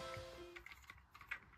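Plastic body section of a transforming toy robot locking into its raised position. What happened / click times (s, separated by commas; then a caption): The plastic part clicked into its raised position / 1.3 s. A plastic body section of a transforming toy robot is pushed upward during its conversion, and it clicks and locks into its raised position at 1.3 s. Music plays in the background with a few small plastic clicks and taps before the main click.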